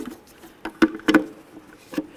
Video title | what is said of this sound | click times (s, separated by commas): How to Replace Tail Light 1994-2004 Chevy S-10 | this one give it a nice click perfect | 0.8 s